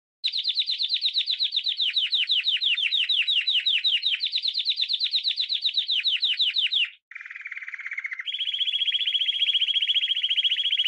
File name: Canary Voice